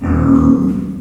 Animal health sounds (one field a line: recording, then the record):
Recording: squeal of a Yucatan mini pig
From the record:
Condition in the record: after surgery on the right vocal fold (resection and tissue-engineered implant)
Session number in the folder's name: 11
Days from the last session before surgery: 98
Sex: female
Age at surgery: 19 weeks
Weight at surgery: 25 kg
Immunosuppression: prednisolone